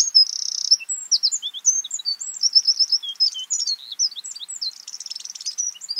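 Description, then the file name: Eurasian wren song: a rapid, unbroken stream of very high twittering notes and fast trills, opening and closing with buzzy, rattling phrases. "Troglodytes troglodytes"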